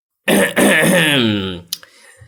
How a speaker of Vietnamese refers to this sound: Ông ta hắng giọng.